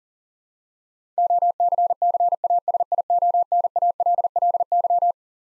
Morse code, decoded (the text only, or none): OCCASIONALLY